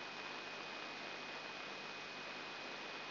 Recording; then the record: brain microelectrode recording played as sound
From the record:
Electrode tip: inside the subthalamic nucleus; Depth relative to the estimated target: 2 mm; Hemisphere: right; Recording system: AlphaMap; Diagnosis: Parkinson's disease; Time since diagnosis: 8 years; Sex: female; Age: 37 years